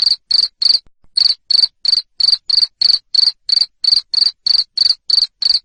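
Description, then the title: Cricket chirping loudly in a steady series of short, shrill pulses, about three per second, with one brief pause near the start. Loud cricket chirping used to stimulate lovebirds to sing continuously. "Suara JANGKRIK NGERIK Keras Bikin LOVEBIRD Jadi NGEKEK Terus Vubey"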